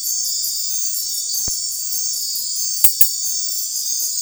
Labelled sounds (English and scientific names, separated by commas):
none